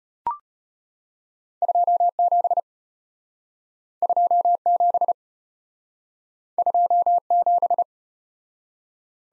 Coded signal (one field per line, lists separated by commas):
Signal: Morse code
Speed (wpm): 33 wpm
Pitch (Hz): 700 Hz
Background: none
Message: 27 27 27